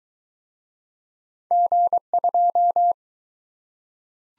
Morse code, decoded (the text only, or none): G2